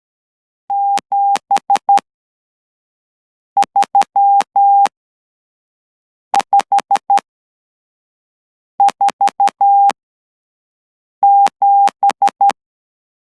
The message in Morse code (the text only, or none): 73547